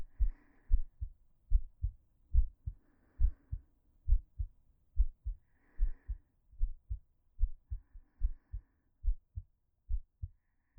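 Steady, regular lub-dub heartbeat of an adult woman at about 72 beats a minute, with faint intermittent soft background noise.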